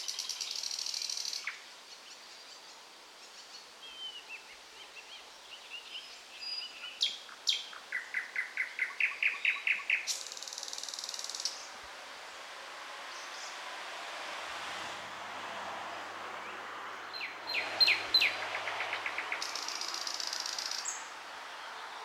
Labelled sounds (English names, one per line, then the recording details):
Thrush Nightingale song
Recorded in the wild
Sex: male
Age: adult
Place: Wizna, Lomzynski Park Krajobrazowy Doliny Narwi, Podlaskie Voivodeship, PL
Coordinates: 53.1979, 22.4176
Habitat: deciduous forest edge
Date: 2016-05-26 08:40
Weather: heavy cloud, moderate wind
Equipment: Marantz PMD660 recorder, Sennheiser ME67 directional microphone
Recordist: Souriau, Abel